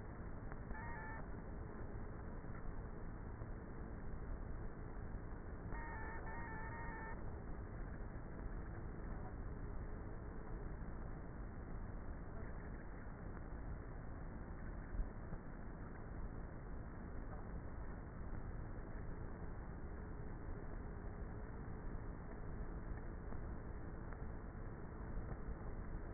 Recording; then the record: honeybee colony, microphone inside the hive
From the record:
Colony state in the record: queenless with a low population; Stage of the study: before two queens were removed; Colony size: about 30,000 bees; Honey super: no